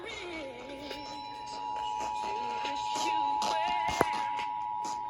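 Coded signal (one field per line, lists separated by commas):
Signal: Emergency Alert System (SAME) tones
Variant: 853 and 960 Hz attention tone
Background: music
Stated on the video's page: Georgia required monthly tests over the Emergency Alert System.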